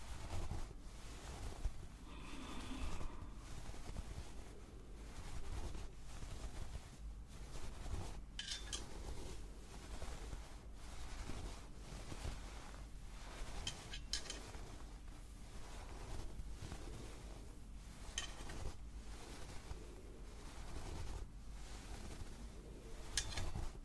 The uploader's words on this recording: ASMR Massaging your Scalp - Layered Sounds & Personal Attention.